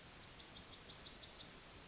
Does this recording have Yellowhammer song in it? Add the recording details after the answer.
yes. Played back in forest. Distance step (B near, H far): E. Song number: 148